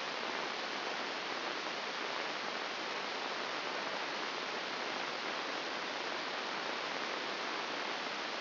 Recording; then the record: brain microelectrode recording played as sound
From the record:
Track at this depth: inside the subthalamic nucleus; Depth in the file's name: 4.302 mm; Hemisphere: left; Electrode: 2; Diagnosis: Parkinson's disease